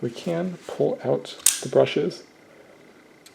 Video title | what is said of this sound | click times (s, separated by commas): eBike: Drilling Holes in a 12v Motor | You heard that snap is actually the brushes releasing off the commutator ring. | 3.3 s